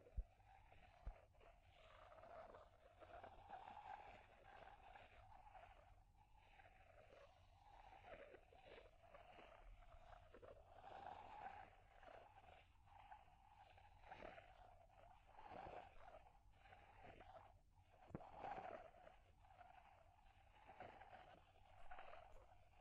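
Fire crackling with scratchy, rustling texture running the whole way through, plus a steady midrange tone humming underneath. Sharp little pops and taps land irregularly, a few standing out near the start and around fifteen and eighteen seconds.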